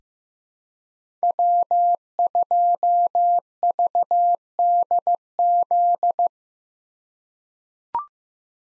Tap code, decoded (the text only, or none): none